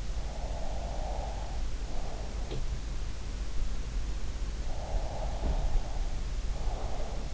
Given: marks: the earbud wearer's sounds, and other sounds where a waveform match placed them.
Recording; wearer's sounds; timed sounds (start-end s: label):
sounds in sleep by an in-ear microphone; breath
0.23-2.36 s: breath
2.36-2.74 s: sound from someone else or the room
4.64-7.34 s: breath
5.35-5.71 s: sound from someone else or the room